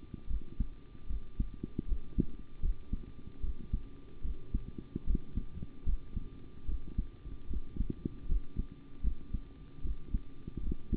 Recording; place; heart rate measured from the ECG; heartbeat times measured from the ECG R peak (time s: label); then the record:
heart sounds by stethoscope; between the tricuspid and mitral areas; 76 bpm
0.28 s: heartbeat
1.07 s: heartbeat
1.86 s: heartbeat
2.61 s: heartbeat
3.41 s: heartbeat
4.22 s: heartbeat
5.05 s: heartbeat
5.84 s: heartbeat
6.66 s: heartbeat
7.48 s: heartbeat
8.27 s: heartbeat
9.02 s: heartbeat
9.82 s: heartbeat
10.61 s: heartbeat
From the record:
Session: rest, sitting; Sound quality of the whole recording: good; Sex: male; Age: 25 years